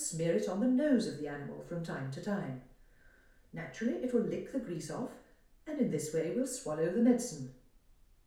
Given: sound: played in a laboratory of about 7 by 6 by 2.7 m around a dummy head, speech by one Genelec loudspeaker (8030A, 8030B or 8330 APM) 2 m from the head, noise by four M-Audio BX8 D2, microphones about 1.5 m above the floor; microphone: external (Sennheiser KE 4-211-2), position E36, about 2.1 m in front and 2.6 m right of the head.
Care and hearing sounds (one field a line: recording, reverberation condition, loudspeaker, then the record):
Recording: female speech in English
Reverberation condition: medium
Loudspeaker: 90 degrees to the left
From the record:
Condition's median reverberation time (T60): about 510 ms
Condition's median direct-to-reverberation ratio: about -0.5 dB